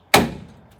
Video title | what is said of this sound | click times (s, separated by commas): Ep20 HQ HOLDEN CLASSIC SURVIVOR RESCUE TRANSFORMED INTO RAT ROD PATINA STREET CAR | you'll hear it click in the | 0.1 s